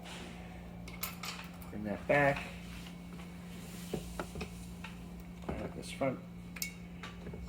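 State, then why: Not seated. The front of an add-on seat frame is lifted and guided toward its mount on an EVOLV Tour 2.0 stroller frame while someone talks, with scattered light clacks and rattles of the parts being handled. Nothing has seated or clicked into place yet.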